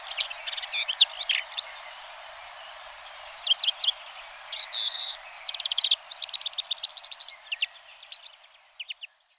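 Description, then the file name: Red-backed shrike singing a scratchy, varied warble of short chirps and clicks in bursts, over a thin continuous high whine. "Pie grieche ecorcheur"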